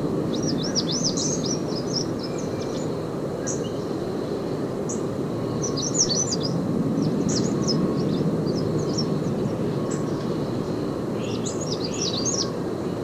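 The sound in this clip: American redstart giving high, thin, quickly repeated chip and slurred notes in uneven bursts, over a steady high tone and heavy low rumbling background noise.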